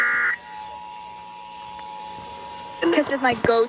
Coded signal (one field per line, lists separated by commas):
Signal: Emergency Alert System (SAME) tones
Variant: 853 and 960 Hz attention tone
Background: speech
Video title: EAS/NWR Alert or message #224-231: Ohio Required Monthly Test